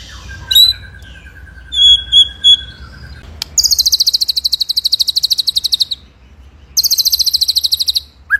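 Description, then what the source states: White-rumped shama song: a long flat whistle, a few clear high notes, then two extended high buzzy rattling trills. Masteran recording used to train songbirds; full rolling ('ngerol') song in 'nembak' style.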